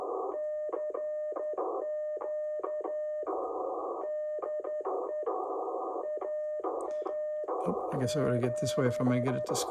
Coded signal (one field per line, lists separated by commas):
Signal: Morse code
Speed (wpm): 11 wpm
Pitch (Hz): 610 Hz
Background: speech, radio noise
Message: CQ DE AA7